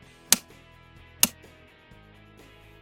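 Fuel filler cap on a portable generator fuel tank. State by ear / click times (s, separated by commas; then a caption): torque reached / 0.3 s, 1.2 s. A plastic fuel filler cap is screwed back onto the fuel tank of a Honda EU2200i portable generator and tightened until its torque-limiting ratchet clicks. Two sharp clicks sound at 0.3 s and 1.2 s over soft background music, showing the cap is tight.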